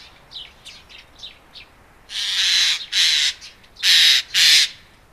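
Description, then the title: Eurasian jay giving four harsh, noisy screeches in two pairs, after a few faint, thin calls. "Viikon luontoääni: Närhi"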